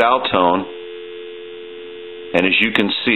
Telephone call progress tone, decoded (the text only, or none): dial tone